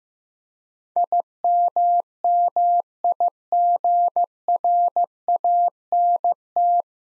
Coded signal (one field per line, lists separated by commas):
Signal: Morse code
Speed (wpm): 15 wpm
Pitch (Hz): 700 Hz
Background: none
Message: IMMIGRANT